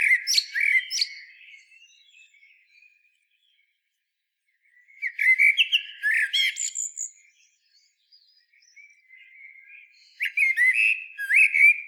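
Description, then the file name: Common blackbird sings separate bursts of rich warbled notes with high twittered flourishes, with quieter notes and short silences between them. "Turdus merula"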